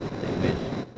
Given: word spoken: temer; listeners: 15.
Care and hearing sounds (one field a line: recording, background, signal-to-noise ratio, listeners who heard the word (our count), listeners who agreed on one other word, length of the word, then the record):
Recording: one Spanish word in noise, from a listening test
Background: noise modulated by three-talker babble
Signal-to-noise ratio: -5.7 dB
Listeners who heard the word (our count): 0 of 15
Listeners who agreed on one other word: 9 of 15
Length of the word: 0.58 s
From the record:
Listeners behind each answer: 9, 1, 1, 1, 1, 1, 1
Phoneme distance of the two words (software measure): 10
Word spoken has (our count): 2 syllables, 5 phonemes, stress on syllable 2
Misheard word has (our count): 2 syllables, 5 phonemes, stress on syllable 2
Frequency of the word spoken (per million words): 8.56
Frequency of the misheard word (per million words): 380.37